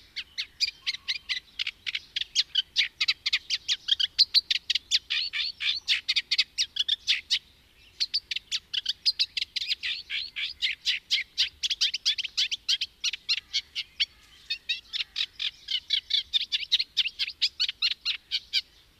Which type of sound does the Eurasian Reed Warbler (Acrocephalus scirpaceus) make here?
song